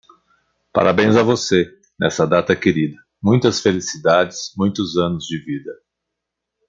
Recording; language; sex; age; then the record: short text; Brazilian Portuguese; male; 50 to 59 years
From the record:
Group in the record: control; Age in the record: 57 years